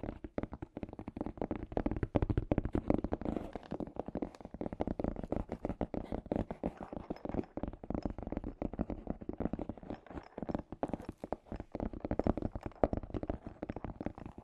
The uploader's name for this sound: Scratchy Tapping